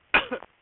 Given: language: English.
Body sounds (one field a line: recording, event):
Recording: throat vibration sensor signal played as sound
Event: cough